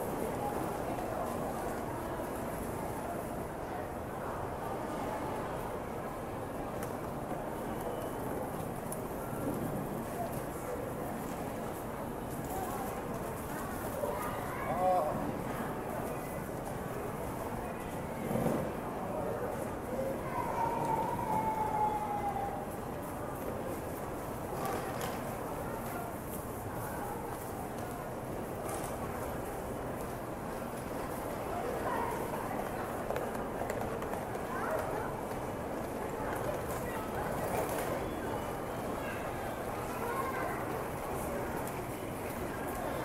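Ambience of a Tokyo train station in Japan: a steady, dense wash of murmuring voices and crowd noise that holds level for the whole stretch. Brief clicks and knocks poke through now and then, and a short high squeal rises around twenty seconds.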